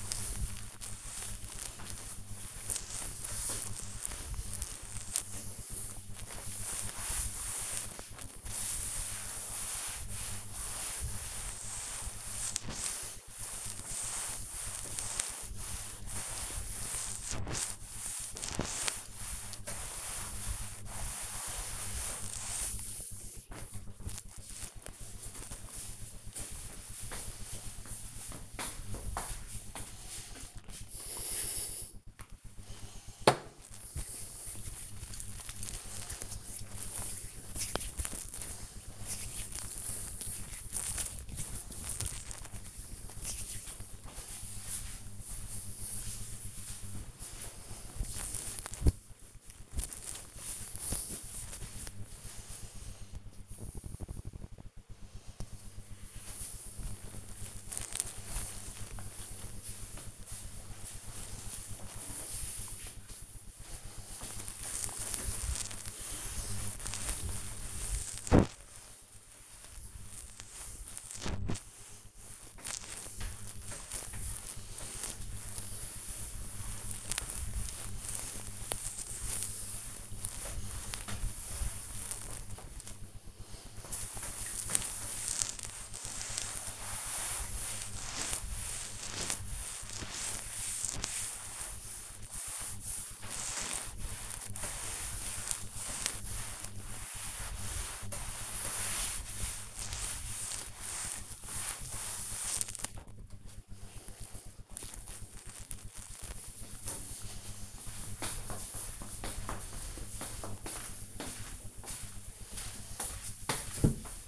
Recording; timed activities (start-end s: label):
household activities, microphone on the right wrist
0.00-23.40 s: cleaning table
30.44-43.47 s: disinfecting hands
63.56-102.67 s: cleaning table